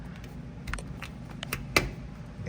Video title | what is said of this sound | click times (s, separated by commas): 1965 Fiat Jolly Giardiniera - Cruisin Classics | hear it snapping right back into place | 0.7 s, 1.4 s, 1.5 s, 1.8 s